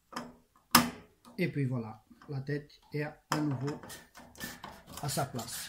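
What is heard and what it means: A Danfoss thermostatic head, lined up with its reference mark at the top, is pushed onto the radiator valve body until its small notches clip in, giving a loud, sharp snap at 0.8 s. The head is seated back in place, and someone talks before and after the snap.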